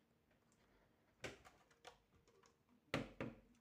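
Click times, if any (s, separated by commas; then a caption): none. A plastic wheel nut is pushed into a wheel hub, giving a few short plastic knocks around 1.2, 1.9, 2.9 and 3.2 seconds, with the loudest at 2.9 seconds. The nut will not clip in, and nothing has seated or clicked yet.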